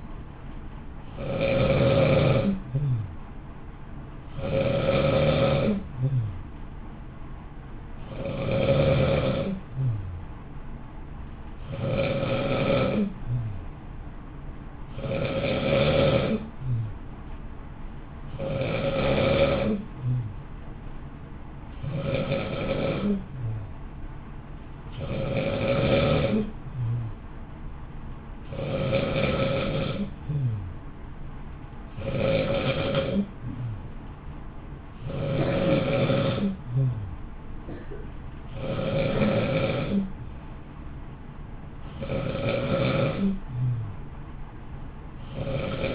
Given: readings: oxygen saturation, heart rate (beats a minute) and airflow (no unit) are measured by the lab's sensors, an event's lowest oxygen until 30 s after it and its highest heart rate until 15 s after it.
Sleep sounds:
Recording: breathing in sleep by a smartphone at the bedside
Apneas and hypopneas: none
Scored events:
none scored
From the record:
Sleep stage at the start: N2 (light sleep)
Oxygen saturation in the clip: 91 to 93%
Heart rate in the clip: 55 to 59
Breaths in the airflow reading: 16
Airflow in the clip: -0.8 to 0.9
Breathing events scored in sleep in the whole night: 328 in 6.3 hours asleep

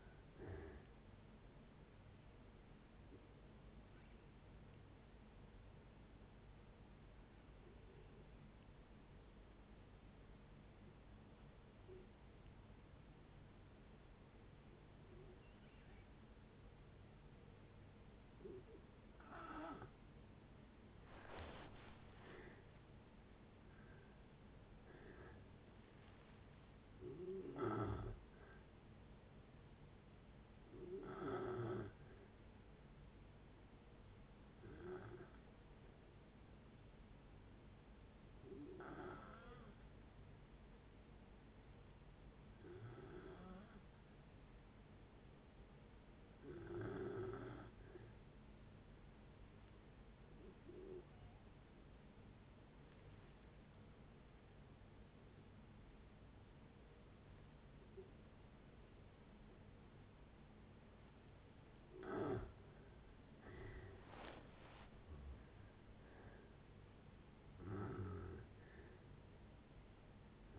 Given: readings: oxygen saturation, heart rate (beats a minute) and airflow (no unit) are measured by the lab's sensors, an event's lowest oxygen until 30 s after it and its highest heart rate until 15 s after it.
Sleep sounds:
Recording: breathing in sleep by a voice recorder at the bedside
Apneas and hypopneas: 2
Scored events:
3.00-20.10 s: hypopnea (N2, oxygen 95% highest, then 86% lowest, heart rate 65 at the start, 78 highest)
13.00-43.00 s: new sleep stage, N1 (lightest sleep)
33.00-63.10 s: hypopnea (N1, oxygen 96% highest, then 84% lowest, heart rate 62 at the start, 80 highest)
43.00-70.59 s: new sleep stage, N2 (light sleep)
From the record:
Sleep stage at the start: N2 (light sleep)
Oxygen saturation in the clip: 86 to 96%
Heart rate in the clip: 55 to 80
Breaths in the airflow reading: 19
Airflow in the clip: -8.6 to 13.9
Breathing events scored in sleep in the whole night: 496 in 5.4 hours asleep

